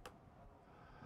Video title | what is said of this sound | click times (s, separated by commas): How to use your tool(s) | they lock into place that's it and how these go together just like that | 0.1 s